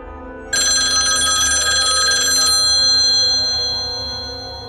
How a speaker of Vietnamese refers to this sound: Chuông điện thoại đột nhiên vang lên, Lý Cường ngồi bật dậy, hóa ra là nằm mơ.